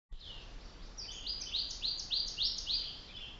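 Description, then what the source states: Bird song: a fast series of high slurred notes, about three or four per second, over steady background hiss. Mweka trail, Kilimanjaro, Africa, 2005.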